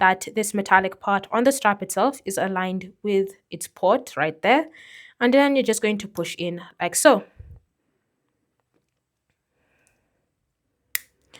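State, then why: Seated. Someone talks while the metallic end of a watch strap is lined up with its lug port on a Samsung Galaxy Watch Ultra 2 case. After a few quiet seconds, the strap is pushed in and a single sharp snap is heard at 11.0 s as it seats in the port.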